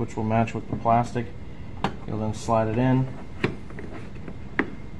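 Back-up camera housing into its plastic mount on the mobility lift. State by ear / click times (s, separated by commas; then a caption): seated / 4.6 s. Someone talks while a back-up camera housing for a Harmar mobility lift is lined up by its small latch and slid into its plastic mount, with a few light taps along the way. A sharp click at 4.6 s marks the housing snapping in, and it is seated and locked into place.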